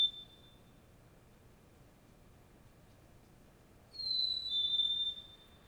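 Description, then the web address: Bird whistled call: a pure high whistle at the start, then a two-part whistle stepping slightly downward after a long quiet gap, over a low steady background hum. Single bird calling in early morning, suburban city ambience, Montreal, Canada, with distant traffic passing by. "Nature in the City AMB SUBURB Solo Bird Call, Early Morning, Distant Traffic Passbys, Montreal, Canada"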